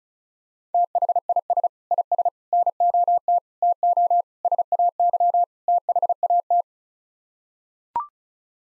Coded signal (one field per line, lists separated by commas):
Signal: Morse code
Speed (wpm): 34 wpm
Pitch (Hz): 700 Hz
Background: none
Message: THIS IS NOT TO SAY THAT